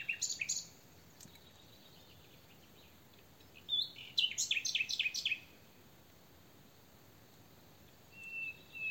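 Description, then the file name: Common nightingale song: a loud opening burst, a fast series of repeated chattering notes in the middle, then a thin drawn-out whistle near the close. "Luscinia megarhynchos"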